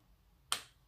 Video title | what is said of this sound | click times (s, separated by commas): Tuto comment bien graissé c'est jeu de direction | un petit clic hop | 0.5 s